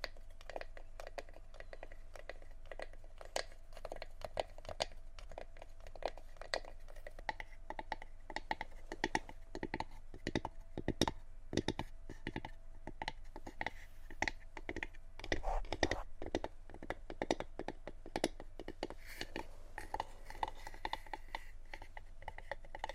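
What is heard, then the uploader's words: Tapping on assorted objects, irregular, with crisp clicks and crinkly knocks throughout over a steady low hum. ASMR Tapping On Random Objects.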